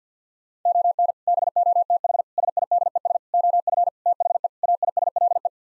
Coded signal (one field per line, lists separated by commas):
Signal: Morse code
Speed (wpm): 49 wpm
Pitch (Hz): 700 Hz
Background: none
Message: ON BOTH SIDES OF THE AISLE